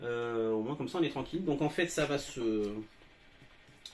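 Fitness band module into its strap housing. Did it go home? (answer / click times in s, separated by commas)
yes / 3.9 s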